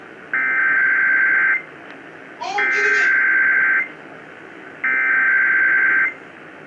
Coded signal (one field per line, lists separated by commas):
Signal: Emergency Alert System (SAME) tones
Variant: header bursts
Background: speech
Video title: UNUSUAL EAS EVENT! (June 26-27, 2017 EAS Compilation (EAS 159-160 - 2 RMTs))